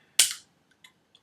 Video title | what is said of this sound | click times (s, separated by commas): GI Joe o-ring and zartan replacement | wallah that's simple you heard that click and yet | 0.2 s